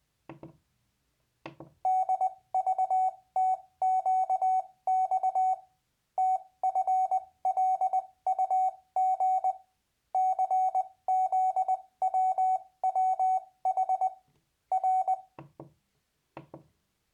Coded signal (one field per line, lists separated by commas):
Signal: Morse code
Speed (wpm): 20 wpm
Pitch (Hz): 750 Hz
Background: none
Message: DVTQX TFLUG CZWWH R